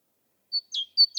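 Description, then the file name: Great tit song, two two-note phrases, each a high thin whistle dropping to a lower note, in silence. "Parus major"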